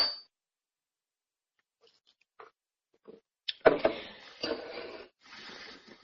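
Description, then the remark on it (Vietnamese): During a Buddhist sutra lesson, the teacher drinks water from a cup: a few soft taps and clicks, then a run of louder, rough gulping and slurping sounds, ending in a breathy exhale, with no talking. “Các vị cho tôi uống miếng nước rồi nè.”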